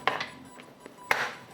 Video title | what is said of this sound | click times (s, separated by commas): Upgrade Laptop💻Acer Aspire A315-53G/53 - Instalar/Cambiar SSD M.2, Memoria RAM y HDDSSD de 2.5" | se escuchen los clics por todo lado listo allá queda y | 0.1 s, 1.1 s